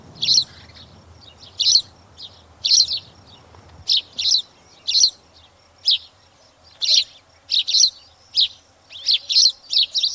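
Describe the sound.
Spanish sparrow chirping calls, a run of harsh chirps coming faster toward the end.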